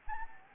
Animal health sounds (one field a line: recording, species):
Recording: mosquito wingbeat signal from an infrared sensor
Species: Anopheles gambiae